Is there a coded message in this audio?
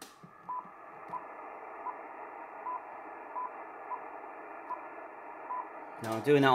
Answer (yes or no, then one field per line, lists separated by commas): no